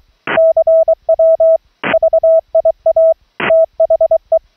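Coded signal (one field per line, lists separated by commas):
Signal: Morse code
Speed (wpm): 23 wpm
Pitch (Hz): 650 Hz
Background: none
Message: CW VIA THE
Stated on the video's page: CW audio sent from a remote laptop over a low-latency wired LAN audio-over-IP link, heard from the rig's transmit monitor.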